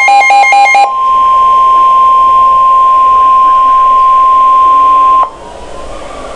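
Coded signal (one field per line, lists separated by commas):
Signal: Emergency Alert System (SAME) tones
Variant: 1050 Hz attention tone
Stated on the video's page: Severe thunderstorm warning recorded from a webcam; audio may skip.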